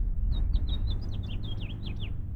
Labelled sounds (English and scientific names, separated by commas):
House Finch (Haemorhous mexicanus) song